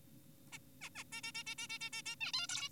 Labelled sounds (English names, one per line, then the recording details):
Zebra Finch
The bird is an adult
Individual g4p5U